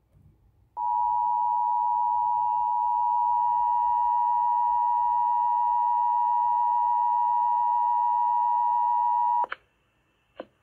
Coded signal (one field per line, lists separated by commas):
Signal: Emergency Alert System (SAME) tones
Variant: 853 and 960 Hz attention tone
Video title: East Central Michigan Required Monthly Test on WLUN